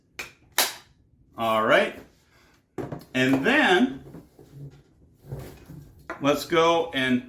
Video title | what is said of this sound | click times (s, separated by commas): SunSare X7A Cordless Vacuum Cleaner Unboxing, Tips, & Assembly | and you'll hear it click into place. All | 0.2 s